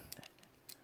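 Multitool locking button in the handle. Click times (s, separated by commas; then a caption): 0.1 s. The locking button in the handle of a Leatherman Signal multitool is released and the tool swings open with metal clicks. A sharp click comes at 0.1 s, followed by lighter clicks through the rest of the clip. The lock is released and the tool opens.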